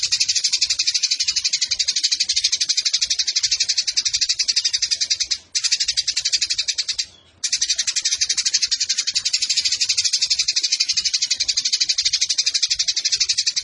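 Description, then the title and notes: Eurasian tree sparrow delivering an unbroken, high-pitched rattling twitter, briefly cut off twice midway, then resuming at the same pace. Long, clear-voiced fighting chatter ('tarung'), used as master tutor song ('masteran') for training birds for song competitions. "GEREJA TARUNG NEMBAK PANJANG SUARA JERNIH MASTERAN WAJIB BURUNG LOMBA. Burung Gereja"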